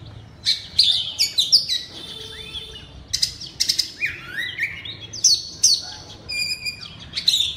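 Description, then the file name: Oriental magpie-robin singing loudly: sharp whistles, downward slurs and rasping notes in short bursts, with a rapid stuttering trill near the end. Loud, open-voiced singing style called ngeplong keras. "suara kacer ngeplong keras"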